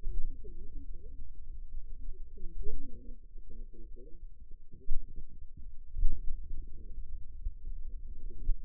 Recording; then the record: forearm muscle sounds (acoustic myography)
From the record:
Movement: finger pinch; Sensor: system 2, bracelet of six BSWA MPA416 microphones around the upper forearm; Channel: 2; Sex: female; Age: 21 years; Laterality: right